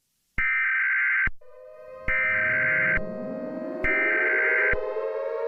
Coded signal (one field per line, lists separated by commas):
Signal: Emergency Alert System (SAME) tones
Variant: header bursts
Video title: EAS Scenario #1: April 27, 2011 Super Outbreak